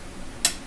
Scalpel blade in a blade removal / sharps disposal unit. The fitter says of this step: wait for the click and then pull out and that's how you dispose of that